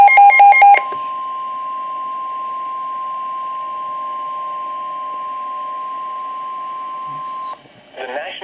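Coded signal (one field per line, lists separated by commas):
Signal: Emergency Alert System (SAME) tones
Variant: 1050 Hz attention tone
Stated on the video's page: SAME alert tones received on NOAA Weather Radio with a Midland WR120B for severe thunderstorm watch and warnings.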